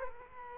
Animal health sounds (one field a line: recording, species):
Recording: mosquito wingbeat signal from an infrared sensor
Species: Culex quinquefasciatus